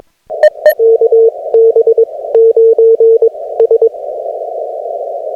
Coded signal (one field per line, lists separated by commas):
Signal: Morse code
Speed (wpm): 22 wpm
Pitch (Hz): 450 Hz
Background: radio noise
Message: KB9S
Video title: Cursed CW POTA Activation at Waveland State Historic Site using FT-891, ZM-2 and EFRW